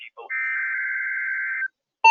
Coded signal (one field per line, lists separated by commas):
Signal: Emergency Alert System (SAME) tones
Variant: header bursts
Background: speech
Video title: Severe Thunderstorm Warning (EAS 852-854)